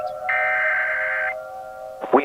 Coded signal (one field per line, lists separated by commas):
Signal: Emergency Alert System (SAME) tones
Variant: header bursts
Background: speech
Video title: Blue Moon's Curse - An EAS mock